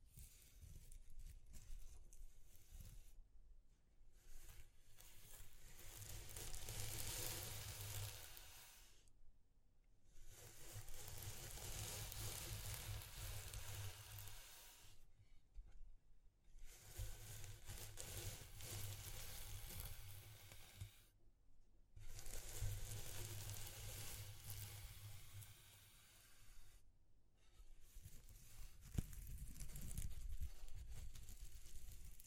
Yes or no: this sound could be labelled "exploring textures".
yes